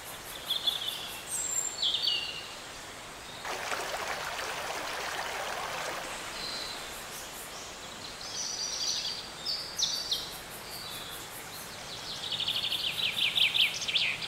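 Birds chirping in short high twittering bursts, several phrases scattered through, with a loud rushing burst of noise midway and a steady background hiss.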